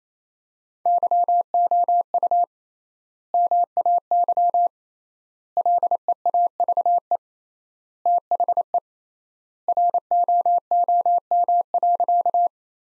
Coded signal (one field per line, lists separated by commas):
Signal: Morse code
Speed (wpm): 27 wpm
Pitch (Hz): 700 Hz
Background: none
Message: YOU MAY LEAVE THE ROOM.